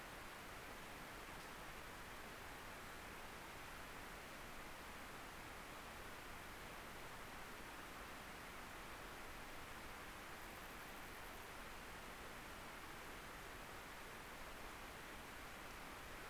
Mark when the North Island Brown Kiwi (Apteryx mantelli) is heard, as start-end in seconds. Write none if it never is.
none